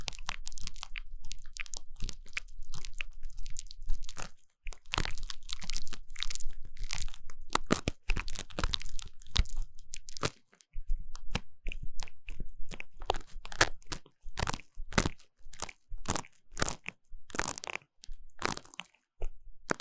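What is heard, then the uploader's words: Ear cleaning sounds, a dense run of scratchy, crunchy rubbing that fills most of the clip with short gaps around 4.5, 8 and 10.5 seconds. After about 12 seconds the scraping breaks into separate bright strokes, repeating roughly every half second to the end. ASMR 3Dio 耳掃除 귀 청소 | Ear Cleaning | No Talking.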